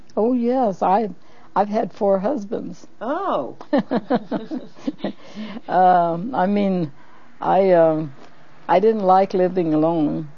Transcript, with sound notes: Oh yes, I - I've had four husbands.
Oh!
(laughs) Um, I mean I um - I didn't like living alone.